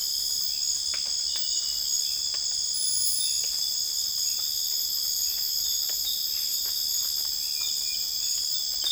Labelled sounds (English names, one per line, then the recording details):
none
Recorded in dense forest near Puerto Asís, Putumayo, Colombia, on 21 December 2024 at 03:00
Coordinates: 0.484, -76.325
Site G056